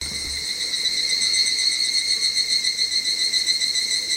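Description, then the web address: Evening cicada song: a continuous shrill, metallic trill with a fast rhythmic throb, loud and unbroken across the whole stretch. Recorded 25 July 2010. "07252010 higurashi"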